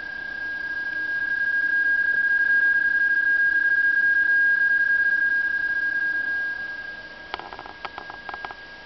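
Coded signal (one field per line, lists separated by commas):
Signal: PSK31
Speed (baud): 31.25 baud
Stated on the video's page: Digital modes over USB from a digi-modem: BPSK, RTTY, CW, SSTV, JT65 test transmissions.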